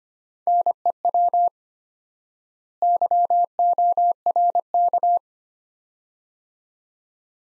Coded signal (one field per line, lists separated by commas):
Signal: Morse code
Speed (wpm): 25 wpm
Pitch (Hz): 700 Hz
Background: none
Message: NEW YORK